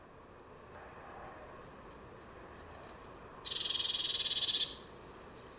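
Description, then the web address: Bird giving a single rapid buzzy rattle, a fast run of pulses lasting about a second, over steady low background hiss. "Deverinetal 2025 File origin Bird Only Cy Ca"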